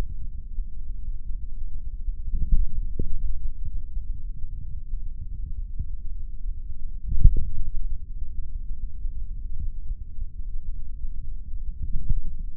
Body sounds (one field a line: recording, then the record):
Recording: forearm muscle sounds (acoustic myography)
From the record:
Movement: finger pinch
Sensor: system 3, bracelet of six PUI Audio POM-2738L microphones around the upper forearm, with dedicated amplification and filtering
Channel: 5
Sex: male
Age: 26 years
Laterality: right